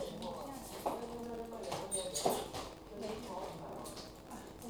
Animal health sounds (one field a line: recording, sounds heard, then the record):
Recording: poultry house recording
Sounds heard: no chicken sound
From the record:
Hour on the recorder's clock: 13